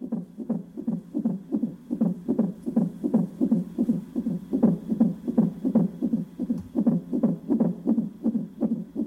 The sound of his unborn baby's heart beating on a heart monitor.